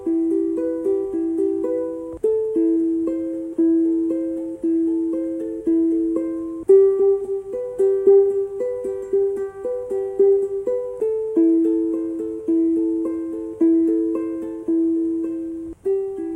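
A ukulele is plucked, picking out a steady, regular pattern of bright notes that ring and fade quickly. The rhythm stays even throughout, with occasional brief pauses near 2 and 7 seconds.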